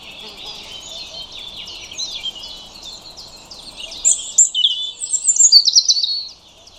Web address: cianscape birddata Deverinetal 2025 Bird Only Er Ru